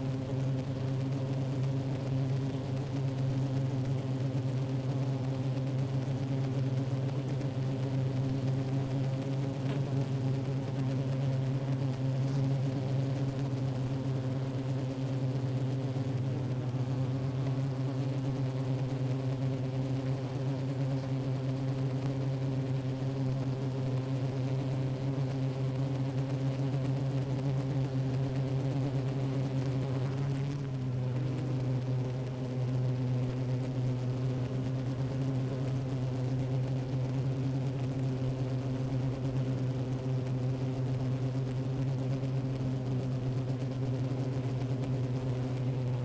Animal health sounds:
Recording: honeybee colony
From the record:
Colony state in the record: active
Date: 28 July 2017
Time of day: 11:22

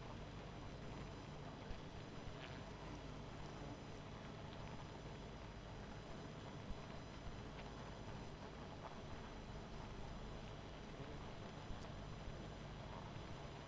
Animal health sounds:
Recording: honeybee colony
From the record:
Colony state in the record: missing queen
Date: 14 July 2017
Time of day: 19:53

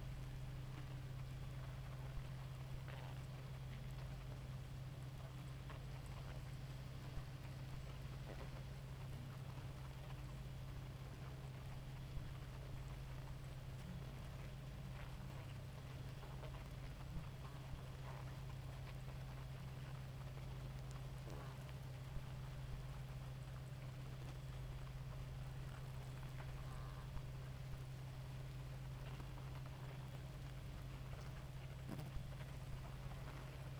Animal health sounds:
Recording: honeybee colony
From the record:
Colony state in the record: active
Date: 28 July 2017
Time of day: 2:37

